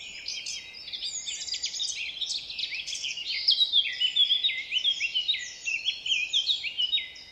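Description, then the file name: Eurasian blackcap song, a rapid chattering warble rising into a louder run of fluty whistled notes midway, then a softer continued warble. "Sylvia atricapilla"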